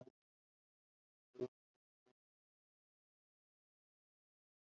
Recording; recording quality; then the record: sustained vowel as in boot; poor, much background noise or distortion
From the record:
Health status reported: COVID-19 positive, moderate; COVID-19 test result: positive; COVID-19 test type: RT-PCR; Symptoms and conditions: cough, cold, fever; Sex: male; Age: 70 years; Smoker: no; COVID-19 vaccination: both doses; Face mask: worn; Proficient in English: no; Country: India